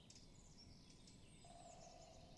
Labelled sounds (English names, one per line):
Great Spotted Woodpecker